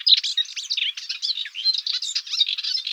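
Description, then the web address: Melodious warbler song, a fast, unbroken babble of varied chirps, squeaks and twittering notes tumbling over one another without pause. "Hippolais polyglotta"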